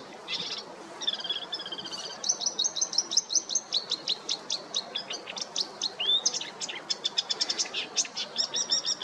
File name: Acrocéphalidés-Acrocephalus-palustris-Rousserolle-verderolle